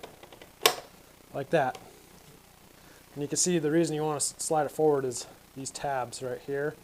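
A plastic side panel on a motorcycle is pulled straight back to offset it until its retaining clip lets go, with a sharp pop at 0.7 s after a few faint ticks. Someone then talks as the panel is slid forward, and the clip comes loose.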